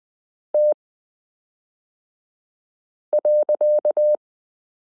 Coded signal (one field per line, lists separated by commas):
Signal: Morse code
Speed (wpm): 20 wpm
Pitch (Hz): 600 Hz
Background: none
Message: T.